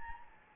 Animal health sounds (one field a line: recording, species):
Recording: mosquito wingbeat signal from an infrared sensor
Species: Anopheles gambiae